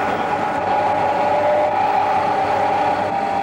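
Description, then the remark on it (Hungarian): An old mainframe computer drive motor, weighing about 70 kg and comparable in power to a washing machine motor, starts up and runs with a loud, steady mechanical whir and a prominent mid-pitched whine, holding an even level throughout with no talking. “Mindjárt be is indítom, és akkor meg lehet figyelni, hogy milyen hangja van.”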